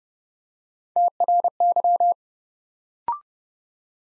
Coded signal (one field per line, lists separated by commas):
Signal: Morse code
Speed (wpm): 30 wpm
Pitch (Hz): 700 Hz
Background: none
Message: TRY